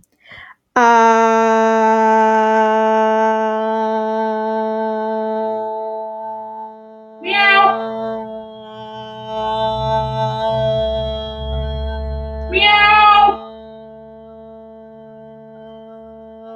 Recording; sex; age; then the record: vowel held as long as possible; female; 20 to 29 years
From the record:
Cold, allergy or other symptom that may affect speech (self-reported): no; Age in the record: 22 years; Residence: North Carolina, United States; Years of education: 16